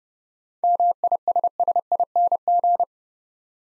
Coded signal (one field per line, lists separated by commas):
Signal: Morse code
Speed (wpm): 30 wpm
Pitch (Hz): 700 Hz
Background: none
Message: MISSING